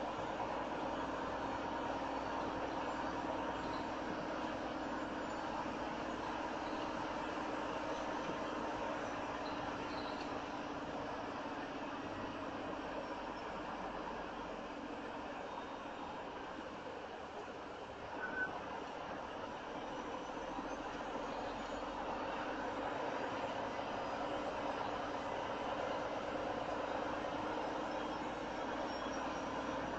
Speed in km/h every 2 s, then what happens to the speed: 10, 10, 8, 10, 10, 8, 8, 6, 6, 6, 8, 10, 10, 10, 10.
0-30 steady at about 10.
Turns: 16-25.